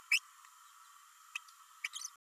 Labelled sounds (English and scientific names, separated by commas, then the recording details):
Green-rumped Parrotlet (Forpus passerinus) babbling
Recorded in a nest box in Venezuela
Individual 18B104A3